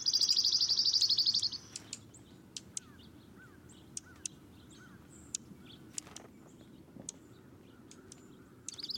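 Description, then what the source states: Dark-eyed Junco trill: a fast, even run of high, dry notes for about a second and a half, then scattered sharp clicks, with the trill starting again at the end. Wintering flock that arrives in fall from mountain or northern nesting areas; forages on the ground and visits birdfeeders; flashes white tail-feathers when alarmed to alert the flock, also used in courtship.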